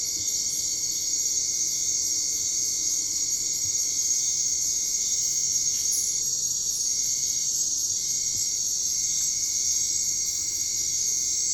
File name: TB 220908 2100 Telinga Graz MAULgrill 2290 Hz 25 grad